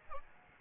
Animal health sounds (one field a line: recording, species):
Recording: mosquito wingbeat signal from an infrared sensor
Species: Aedes albopictus